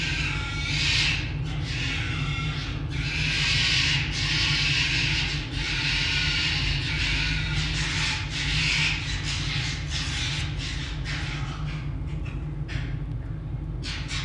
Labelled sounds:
Red Fox (Vulpes vulpes)

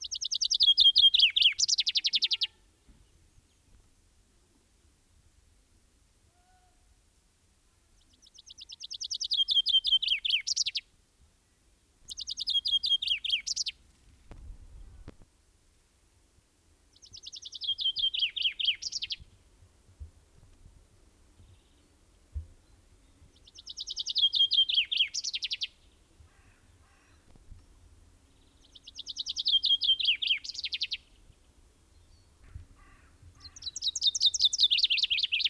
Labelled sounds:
Common Chaffinch (Fringilla coelebs) song

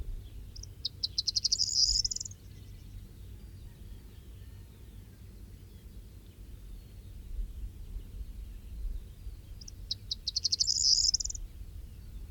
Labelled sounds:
Corn Bunting (Emberiza calandra) song

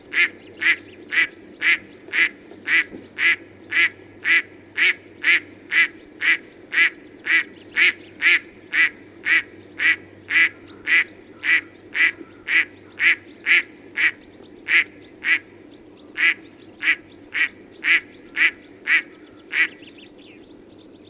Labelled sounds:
Mallard (Anas platyrhynchos) call

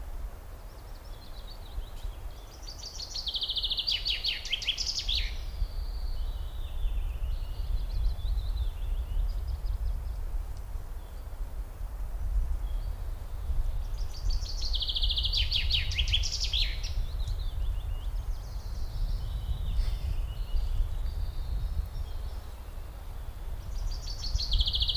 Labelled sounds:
Common Chaffinch (Fringilla coelebs) song

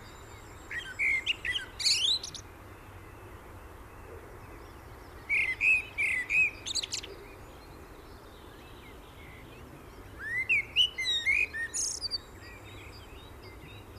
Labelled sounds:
Common Blackbird (Turdus merula) song

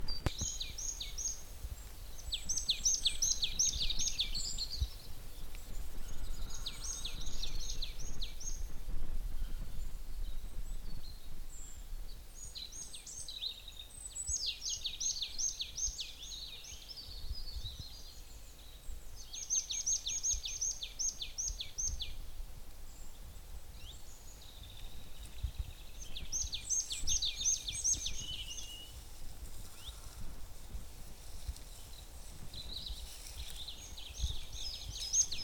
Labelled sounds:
Marsh Tit (Poecile palustris) call

